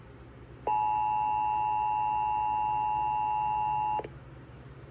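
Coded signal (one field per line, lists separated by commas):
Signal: Emergency Alert System (SAME) tones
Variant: 853 and 960 Hz attention tone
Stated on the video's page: Real EAS alerts, including tests and storm warnings, captured over several days.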